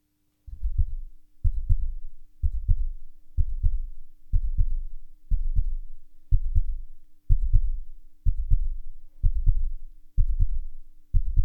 Heartbeat.